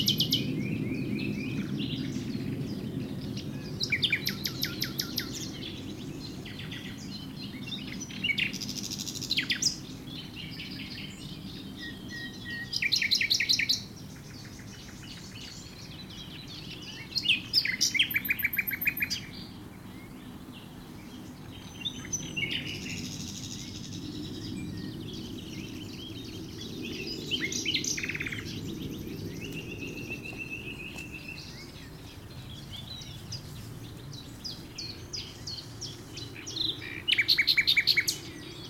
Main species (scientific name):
Luscinia megarhynchos